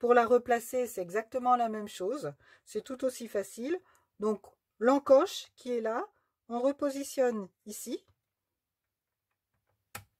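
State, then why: Seated. Someone talks while putting the cutting blade cartridge of a paper trimmer back in place. After the talk, a single sharp click at 9.9 s is heard as the cartridge clips onto its plastic rail and seats.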